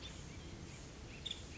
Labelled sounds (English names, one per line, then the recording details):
Nuttall's Woodpecker
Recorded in Sonoma County, California